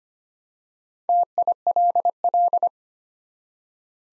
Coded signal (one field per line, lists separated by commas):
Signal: Morse code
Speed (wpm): 25 wpm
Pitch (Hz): 700 Hz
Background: none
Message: TILL